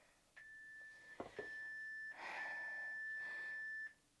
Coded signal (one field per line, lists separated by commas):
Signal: none